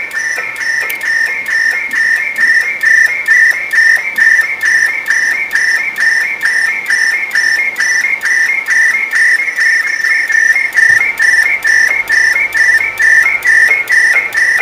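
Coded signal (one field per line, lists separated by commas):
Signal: NAVTEX (SITOR-B)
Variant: AMTOR ARQ/FEC, 100 baud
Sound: rhythmic chirping bursts of warbling two-tone data, roughly two per second, steady throughout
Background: radio static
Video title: Qso AMTOR ARQ/FEC Selcall IIBE/ISSO I6IBE-IK3SSO 7.040 MHz PK232 Yaesu FT897 - Pratola Peligna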